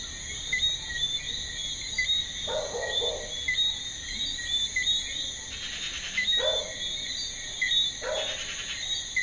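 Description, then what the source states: Crickets in a continuous high chorus, with a few barks and short faint whistled notes. Evening garden, outskirts of Ajoupa-Bouillon, Martinique, 8.25 PM, 7 March 2016; with barking dog and Eleutherodactylus frogs; Sony PCM D50, FEL preamp, RODE NT4.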